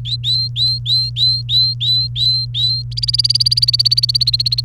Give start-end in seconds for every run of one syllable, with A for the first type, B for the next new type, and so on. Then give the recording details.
0.05-2.82 A, 2.92-4.64 B. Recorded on 28 April 2018 at 13:36. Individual llb3